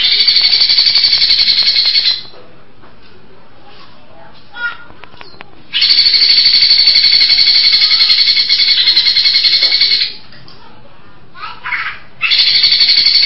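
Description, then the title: Greater Green Leafbird song: long, harsh, buzzy trills lasting several seconds each, broken by pauses with a few scattered short notes. "Cucak ijo"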